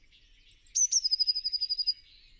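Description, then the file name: Eurasian blue tit: a high sharp note dropping into a rapid, ringing trill lasting about a second. "Cyanistes caeruleus"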